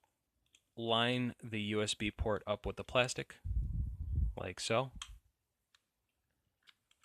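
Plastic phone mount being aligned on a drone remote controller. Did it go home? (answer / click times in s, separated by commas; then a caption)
no / none. A Polar Pro plastic phone mount is lined up with the USB port and the top of a Mavic drone remote controller before being pushed into place, while someone talks. Only small, faint handling ticks are heard, around 0.6 s and again near 5.8, 6.7, 6.9 and 7.0 s. Nothing has seated or clicked yet.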